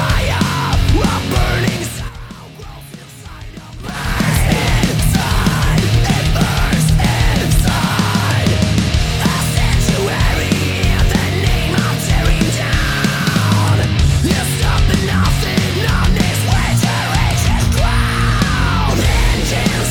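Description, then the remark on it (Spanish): A heavy metal rock song by a Swedish band, a preview from its upcoming fifth studio album, plays loud and dense, with distorted guitars, pounding drums and shouted, yelling vocals. A brief quieter break comes early before the full band crashes back in. “Quinto álbum de estudio para estos rockeros metaleros suecos.”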